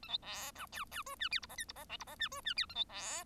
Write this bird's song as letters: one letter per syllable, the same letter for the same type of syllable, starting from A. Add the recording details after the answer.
A B C D E E F G H I J K I J L I J G F G H A B C. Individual Bird1